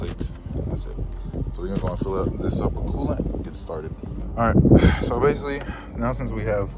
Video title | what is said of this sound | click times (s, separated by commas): BMW F30 Coolant Tank Replacement - Common Problem Fixed | And now you'll hear it click. That's it. | 0.5 s